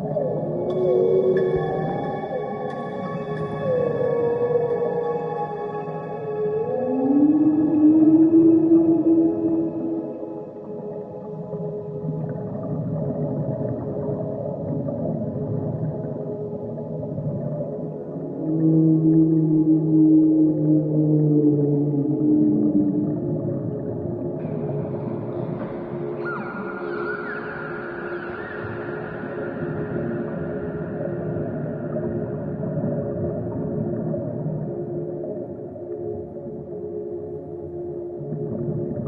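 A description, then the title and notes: Dolphin-like calls glide and swoop over a steady, humming drone of layered low tones, with rising whistles near 8 and 20 seconds. Around 25 seconds a brighter sustained tone enters higher up and holds, while the bed stays smooth and even throughout. Dolphin s Songs + Alpha Binaural Beats.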